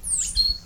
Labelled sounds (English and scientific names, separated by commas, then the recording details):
Stitchbird (Notiomystis cincta) song
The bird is a male
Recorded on Tiritiri Matangi Island, New Zealand, in 2005
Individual 19, of nest box 27